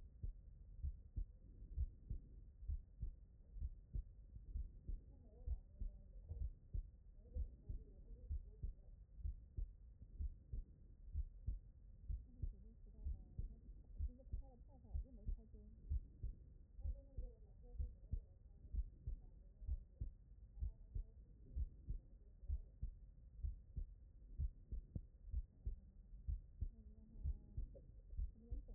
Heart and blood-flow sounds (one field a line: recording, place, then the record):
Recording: heart sounds by stethoscope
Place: tricuspid valve (TV)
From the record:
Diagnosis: non-HFrEF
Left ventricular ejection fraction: 59%